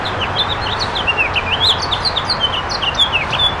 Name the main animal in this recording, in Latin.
Haemorhous mexicanus